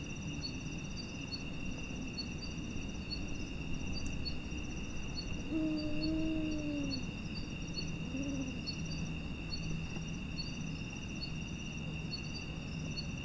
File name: Arabian Eagle Owl Hooting Of Five Individuals At Dusk